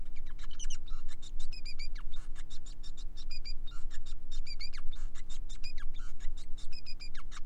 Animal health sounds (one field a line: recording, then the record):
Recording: song of a male Bengalese finch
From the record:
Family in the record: son of father 5